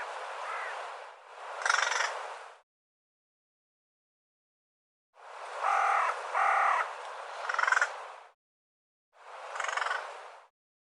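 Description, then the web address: Bird giving harsh, hoarse calls in a few long bursts separated by silent gaps. "cianscape birddata Deverinetal 2025 File cleaned normalized Bird"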